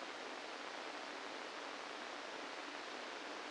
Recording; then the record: brain microelectrode recording played as sound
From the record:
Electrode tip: inside the subthalamic nucleus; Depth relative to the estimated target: -1 mm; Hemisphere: right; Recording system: NeuroSet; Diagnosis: Parkinson's disease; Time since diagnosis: 8 years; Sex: male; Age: 65 years